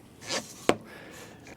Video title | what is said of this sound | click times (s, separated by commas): Escape!! | And so, just a click of the button can make it adjustable. | 0.7 s